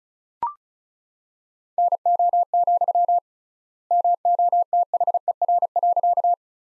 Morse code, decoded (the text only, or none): NO, MOTHER.